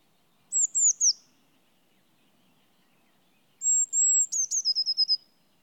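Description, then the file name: Eurasian blue tit calling: three thin, high, descending notes, then a longer high phrase ending in a quick run of repeated notes. "Cyanistes caeruleus"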